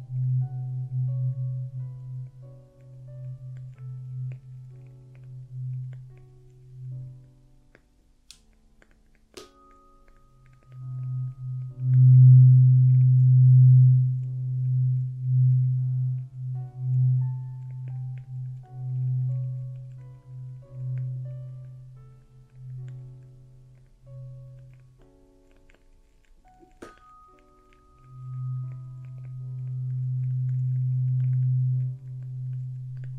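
Traditional Chinese ear cleaning: a low, steady buzzing drone runs in three long stretches, dropping out briefly around 8 and 26 seconds. Faint light ticks and small ringing tones are scattered over it, with sharp clicks near 9 and 27 seconds.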